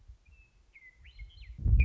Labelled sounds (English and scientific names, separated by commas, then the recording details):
Western Meadowlark (Sturnella neglecta)
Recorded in Sonoma County, California